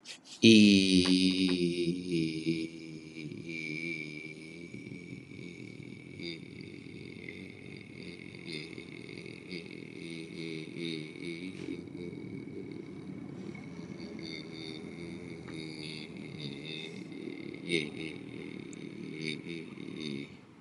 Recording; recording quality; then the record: sustained vowel as in beet; excellent, no background noise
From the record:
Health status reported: healthy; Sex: male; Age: 29 years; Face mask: not worn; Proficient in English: yes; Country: United States